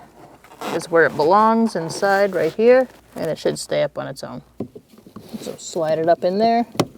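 Someone talks while handling a plastic cabin air filter cover for a 2000-2006 Mini Cooper, sliding it up into the under-dash housing. A few brief, faint handling noises are heard between the speech. Nothing has seated or clicked yet; the clip ends just before the cover goes home.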